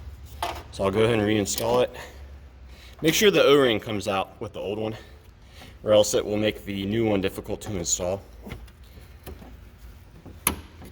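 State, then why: Seated. A new 9005 high-beam headlight bulb for a 2014 Honda Accord is reinstalled into the headlight housing socket and rotated into its bayonet twist-lock. Someone talks through most of the clip, with a few faint handling ticks near the end. A sharp click at 10.5 s marks the bulb seating in the housing.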